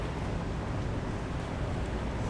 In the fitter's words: one didn't click but yours might should